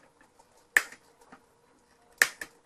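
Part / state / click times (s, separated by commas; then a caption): tilt wand slip clutch in a vertical blind headrail / torque reached / 0.8 s, 2.2 s. The tilt wand of a Project Source vertical blind headrail is rotated all the way in one direction to reset the slat alignment. Sharp clicks sound at 0.8 s and 2.2 s, each followed by a softer tick, as the internal slip clutch slips. The clutch clicks at the end of rotation, as intended.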